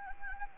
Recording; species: mosquito wingbeat signal from an infrared sensor; Anopheles gambiae